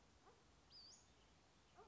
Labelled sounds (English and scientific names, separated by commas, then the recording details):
Western Flycatcher (Empidonax difficilis)
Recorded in Sonoma County, California